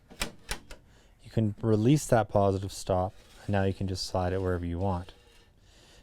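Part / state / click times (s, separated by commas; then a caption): miter fence detent in work table positive stop / seated / 0.2 s, 0.5 s. A miter fence on a Festool MFT perforated work table is swung after its knob is loosened, and its spring detent clicks sharply into positive angle stops at 0.2 s and 0.5 s. A third softer click follows near 0.7 s, then someone talks.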